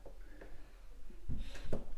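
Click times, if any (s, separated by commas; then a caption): 1.7 s. The built-in clamp of a Worx Pegasus workbench is pushed straight down into its slot in the plastic workbench top. Faint knocks and scraping come first, then a sharp click at 1.7 s as the clamp locks into place.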